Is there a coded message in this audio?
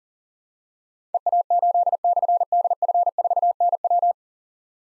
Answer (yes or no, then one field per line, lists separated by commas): yes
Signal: Morse code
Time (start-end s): 1.1-4.1 s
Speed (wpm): 42 wpm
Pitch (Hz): 700 Hz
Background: none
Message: EA8/DF4NW